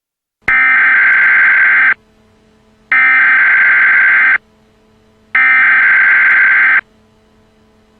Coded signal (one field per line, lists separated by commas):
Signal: Emergency Alert System (SAME) tones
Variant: header bursts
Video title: EAS Alert: Missile crisis in lylat